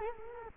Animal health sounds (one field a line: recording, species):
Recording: mosquito wingbeat signal from an infrared sensor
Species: Culex quinquefasciatus